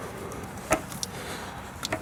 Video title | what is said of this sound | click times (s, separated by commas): One step closer to brakes! | Right there, there it clicked. | 1.8 s